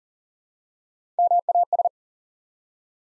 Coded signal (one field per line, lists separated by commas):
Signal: Morse code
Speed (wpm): 38 wpm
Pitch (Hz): 700 Hz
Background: none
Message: MAS